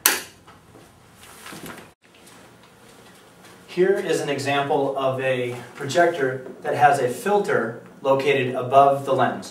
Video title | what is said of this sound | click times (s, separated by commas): Clean Your LCD Projector Filter Monthly | first and then click into place here | 0.1 s